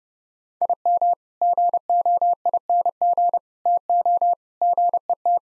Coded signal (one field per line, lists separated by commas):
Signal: Morse code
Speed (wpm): 30 wpm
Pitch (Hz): 700 Hz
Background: none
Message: IM GOING TO GET